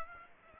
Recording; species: mosquito wingbeat signal from an infrared sensor; Aedes aegypti